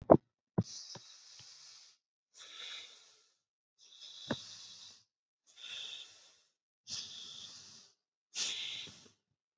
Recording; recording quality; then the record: deep breathing; excellent, no background noise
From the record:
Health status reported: recovered from COVID-19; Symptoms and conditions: fever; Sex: male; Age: 27 years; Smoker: not ticked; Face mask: not worn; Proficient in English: yes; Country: India